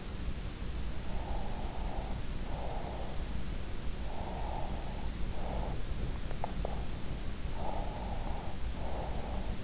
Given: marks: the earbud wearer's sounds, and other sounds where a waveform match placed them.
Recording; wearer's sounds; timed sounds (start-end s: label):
sounds in sleep by an in-ear microphone; breath, swallowing
1.10-3.21 s: breath
4.02-5.83 s: breath
6.36-6.75 s: swallowing
7.57-9.64 s: breath